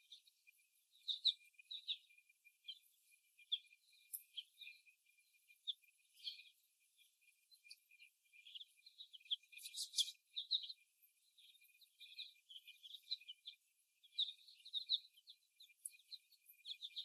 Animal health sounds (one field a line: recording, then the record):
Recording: young laying hens in a cage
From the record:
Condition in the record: before the stressor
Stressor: simulated dog barking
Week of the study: 1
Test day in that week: 1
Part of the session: 1